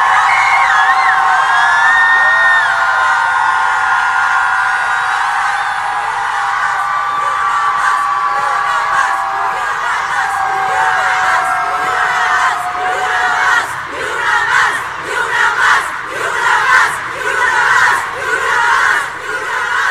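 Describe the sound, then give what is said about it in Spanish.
A large crowd at a protest for disappeared and abused women shouts and cheers loudly in a sustained, dense roar of many voices, with rhythmic bursts of chanting swelling toward the end. “Vamos a gritar fuerte para que nos escuche el presidente y nos escuchen en todo el mundo.”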